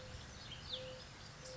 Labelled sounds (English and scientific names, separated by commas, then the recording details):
Mourning Dove (Zenaida macroura)
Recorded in Sonoma County, California